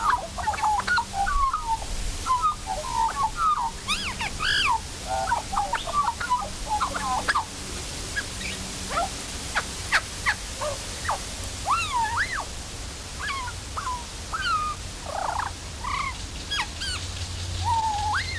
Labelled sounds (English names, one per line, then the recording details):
Australian Magpie song
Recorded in captivity
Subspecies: hypoleuca
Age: adult
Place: Zoo Berlin, Berlin, DE
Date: 1998-10-17 12:40
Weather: fair, 14°C, gusty winds
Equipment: Sony MD-WM MZ-R3, Sennheiser MKH 416 T, Kopie Uher 4000 Report Monitor
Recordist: Tembrock, Günter